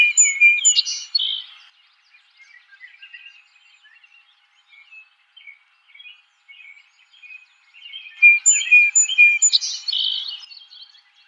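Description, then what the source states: Song Sparrow delivering a loud trilled phrase, then quiet scattered notes for several seconds before a second loud song with repeated notes and a buzz. Recorded 4 January 2007.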